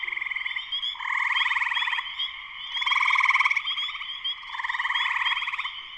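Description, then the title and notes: Spring peepers in full chorus, high repeated peeps beneath three loud rattling trills that build and fade in turn. Spring peepers in full chorus shortly after sunset, Sleeping Bear Dunes National Lakeshore, northern Michigan, USA. "Spring peepers (chorus frogs) in concert. Spring peepers (chorus frogs) in full chorus shortly after sunset in the Sleeping Bear Dunes National Lakeshore in northern Michigan, USA. Recorded by Darrin Wassom. Part of the Music for Sleep project"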